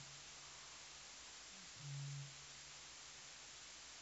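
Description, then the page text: Eurasian bittern giving a single deep boom, with fainter low tones before and after, over a steady hiss. Endangered species recorded during an auditory survey using microphone arrays and robot audition for bioacoustic monitoring. "Frontiers. Auditory Survey of Endangered Eurasian Bittern Using Microphone Arrays and Robot Audition"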